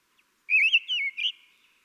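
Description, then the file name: Common blackbird giving one short fluty phrase of warbled whistles, rising and falling, with a faint higher twitter at the end; otherwise quiet. "Turdus merula"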